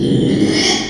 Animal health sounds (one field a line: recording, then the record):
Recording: squeal of a Yucatan mini pig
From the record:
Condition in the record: after surgery on the right vocal fold (resection and tissue-engineered implant)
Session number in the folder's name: 2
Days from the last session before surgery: 13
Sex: male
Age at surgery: 12 weeks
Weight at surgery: 13 kg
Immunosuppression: cyclosporine, prednisolone